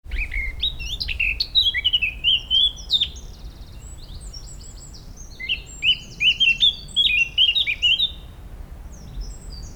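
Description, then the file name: Eurasian blackcap song in two phrases, each a hurried jumble of twittering notes ending in bright, flute-like whistles, separated by a few seconds of quiet hiss. "Sylvia atricapilla"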